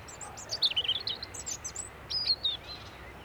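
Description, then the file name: European robin producing quick, thin, high twittering notes in a few short bursts. "Erithacus rubecula"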